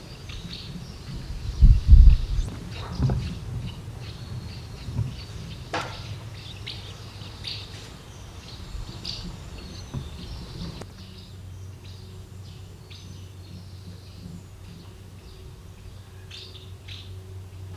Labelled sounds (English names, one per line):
Common House Martin alarm call